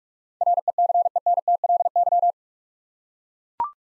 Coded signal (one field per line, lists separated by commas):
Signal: Morse code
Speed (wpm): 44 wpm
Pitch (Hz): 700 Hz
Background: none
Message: RECENTLY